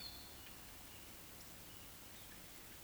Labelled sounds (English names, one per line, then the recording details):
Eurasian Woodcock whistle
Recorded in Baden-Württemberg, Germany, on 16 June 2021 at 19:47 UTC
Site 20675, 466 m above sea level